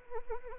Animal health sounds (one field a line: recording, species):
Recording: mosquito wingbeat signal from an infrared sensor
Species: Anopheles arabiensis